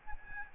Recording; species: mosquito wingbeat signal from an infrared sensor; Aedes albopictus